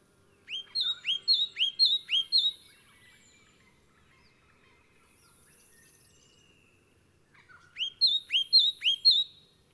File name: Myiagra Rubecula